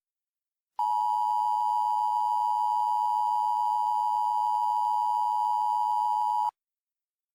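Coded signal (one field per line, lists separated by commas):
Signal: Emergency Alert System (SAME) tones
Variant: 853 and 960 Hz attention tone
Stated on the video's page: Fictional mock EAS alert, voiced, with Creative Commons sound effects; not a real broadcast.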